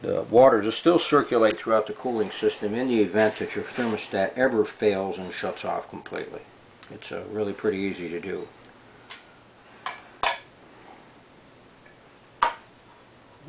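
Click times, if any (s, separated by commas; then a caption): 12.4 s. A part is pressed into a car engine's cooling-system thermostat housing during a thermostat install on a Viper. Someone talks for the first eight seconds, then a few quieter handling clicks follow. A sharp metallic snap at 12.4 seconds marks the part seating in place.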